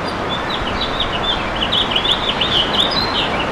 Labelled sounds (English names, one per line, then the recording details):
House Finch song
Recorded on Long Island, New York, on 15 June 2012
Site WI
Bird A